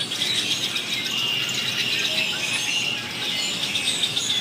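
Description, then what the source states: Birds chatter in a thick chorus of high, rapid chirps and trills that never let up. Birds calling very noisily and excitedly.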